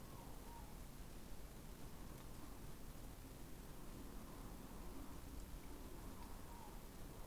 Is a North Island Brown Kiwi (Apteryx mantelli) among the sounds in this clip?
no